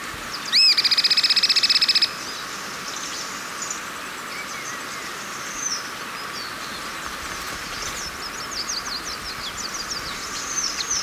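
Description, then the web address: Cliff flycatcher call: one piercing arched note running straight into a rapid buzzy stutter lasting over a second, then only a hissing background with faint chirps. Ecuador. "S America Birds of Ecuador. Cliff Flycatcher"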